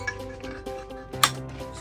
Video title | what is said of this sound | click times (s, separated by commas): DIY: MaxPro Cable Replacement | just like that and you're going to hear when you if you know you go all the way you're going to hear it click or make a tapping noise | 1.2 s